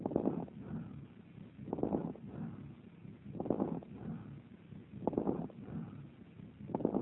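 Chest by stethoscope over the fifth intercostal space at the mid-axillary line in an adult with heart failure and a right-sided hydrothorax. Quiet, low-loudness bronchial breathing with characteristic crepitation arising only at the height of inspiration, from compressed alveoli opening with difficulty (compression atelectasis).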